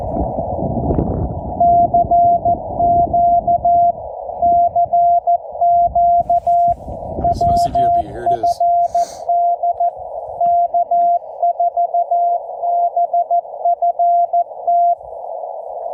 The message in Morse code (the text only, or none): CQ CQ WFD K4BFT